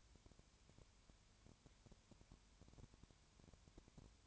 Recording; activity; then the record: daily activity, microphone in the room; no activity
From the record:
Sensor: 2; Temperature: 20.3 degrees Celsius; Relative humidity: 33.8%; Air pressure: 1003.2 hPa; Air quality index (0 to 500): 82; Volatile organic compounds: 1 ppm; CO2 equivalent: 782 ppm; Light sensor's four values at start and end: 2/3/2/2 and 2/3/2/2